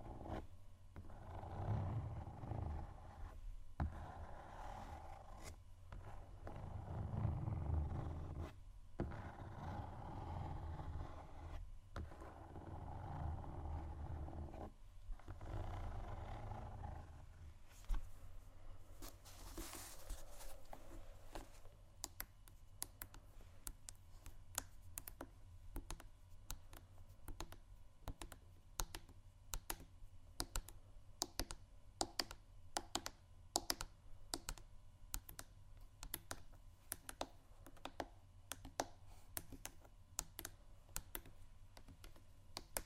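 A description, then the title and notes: Shoes scrape in low, rough strokes with brief pauses for about seventeen seconds, then give way to a steady stream of quick, sharp taps. ASMR Shoes Scratching & Tapping（No Talking）.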